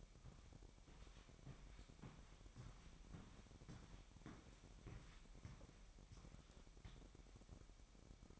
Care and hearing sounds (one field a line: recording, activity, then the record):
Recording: daily activity, microphone in the room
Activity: walk to room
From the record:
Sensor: 1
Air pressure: 1012.3 hPa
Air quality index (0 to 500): 190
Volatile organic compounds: 3 ppm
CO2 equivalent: 1530 ppm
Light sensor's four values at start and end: 83/199/84/90 and 83/197/84/89